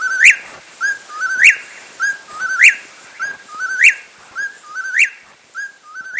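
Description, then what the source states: Whip-poor-will singing its whistled phrase with a sharply rising slurred ending, repeated about every 1.2 seconds, several times in a row. Nocturnal bird.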